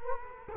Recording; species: mosquito wingbeat signal from an infrared sensor; Culex quinquefasciatus